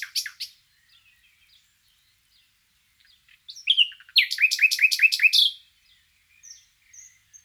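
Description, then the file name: Common nightingale song: a brief chattering start, quiet scattered notes, then a fast repeated burst of harsh, rolling notes, trailing off into soft notes. "Luscinia megarhynchos"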